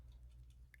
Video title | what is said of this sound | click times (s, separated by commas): Transformers Studio Series SS-10 Jazz Review! | and that'll snap into place there | 0.7 s